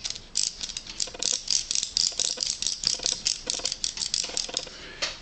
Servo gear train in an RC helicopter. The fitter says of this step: it's obvious it's stripped you can hear this little clicking noise